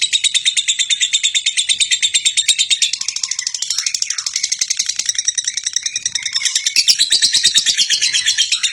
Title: mster Mnuk. LOVE BIRD JUARA NASIONAL CEREWET NGEKEK PANJANG